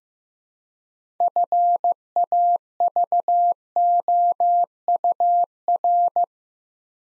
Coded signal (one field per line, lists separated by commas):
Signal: Morse code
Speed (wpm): 15 wpm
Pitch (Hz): 700 Hz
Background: none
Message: FAVOUR